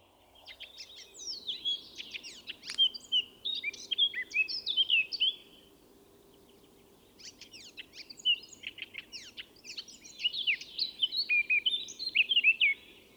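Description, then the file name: Eurasian blackcap song, two long phrases of scratchy chatter that build into clear fluty whistles, separated by a brief quiet pause, against soft background hum. "Sylvia atricapilla"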